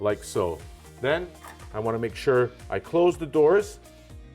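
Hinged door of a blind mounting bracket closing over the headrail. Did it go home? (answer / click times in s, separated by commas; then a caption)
no / none. Someone talks over background music while handling the hinged doors of a horizontal wood blind's mounting brackets, which are about to close over the headrail just slid into them. Nothing has clicked or seated yet; the clip ends before the doors shut.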